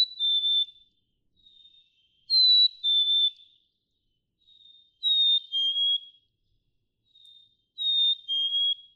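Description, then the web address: Black-capped chickadee giving four two-note whistled phrases, a higher note then a lower one, with a faint single whistle between phrases. "birdsongforthecurious Black-capped Chickadee"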